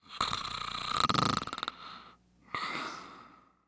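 A sleeping adult man gives a long rattling, fluttering snore on the in-breath, then a pause and a softer, smoother snoring breath. The rapid flutter gives it a purring quality, typical of vibrating soft tissue in the throat during sleep.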